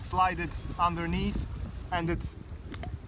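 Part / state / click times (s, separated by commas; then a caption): plastic switch lock on an inflatable kayak fitting / seated / 2.7 s. Someone talks while sliding a small plastic switch lock underneath to fix a seat or fin part in place on a Decathlon ITIWIT 2-man inflatable kayak. The lock closes with a little click at 2.7 s, and it is seated.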